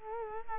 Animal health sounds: mosquito wingbeat signal from an infrared sensor; Culex quinquefasciatus

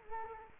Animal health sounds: mosquito wingbeat signal from an infrared sensor; Culex quinquefasciatus

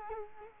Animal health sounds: mosquito wingbeat signal from an infrared sensor; Culex quinquefasciatus

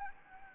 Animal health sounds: mosquito wingbeat signal from an infrared sensor; Anopheles gambiae

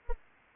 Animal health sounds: mosquito wingbeat signal from an infrared sensor; Anopheles arabiensis

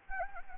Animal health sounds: mosquito wingbeat signal from an infrared sensor; Anopheles gambiae

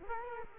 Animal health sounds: mosquito wingbeat signal from an infrared sensor; Culex quinquefasciatus

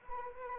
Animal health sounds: mosquito wingbeat signal from an infrared sensor; Anopheles arabiensis

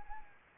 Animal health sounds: mosquito wingbeat signal from an infrared sensor; Anopheles arabiensis

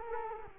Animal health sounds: mosquito wingbeat signal from an infrared sensor; Culex quinquefasciatus

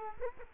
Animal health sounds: mosquito wingbeat signal from an infrared sensor; Culex quinquefasciatus

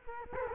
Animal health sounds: mosquito wingbeat signal from an infrared sensor; Culex quinquefasciatus

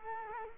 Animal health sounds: mosquito wingbeat signal from an infrared sensor; Culex quinquefasciatus

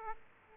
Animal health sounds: mosquito wingbeat signal from an infrared sensor; Aedes aegypti

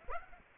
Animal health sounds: mosquito wingbeat signal from an infrared sensor; Aedes aegypti

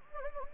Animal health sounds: mosquito wingbeat signal from an infrared sensor; Anopheles gambiae

